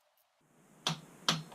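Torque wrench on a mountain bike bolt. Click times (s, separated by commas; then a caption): 0.9 s, 1.3 s. A torque wrench tightens a bolt on a mountain bike until it reaches its preset torque. Two sharp, bright clicks ring out at 0.9 s and 1.3 s over a low background hum, and the wrench is confirmed to have clicked at its setting.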